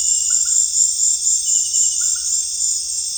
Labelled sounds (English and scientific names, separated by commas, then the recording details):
none
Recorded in pastures near Puerto Asís, Putumayo, Colombia, on 22 June 2025 at 18:30
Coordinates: 0.502, -76.324
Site G010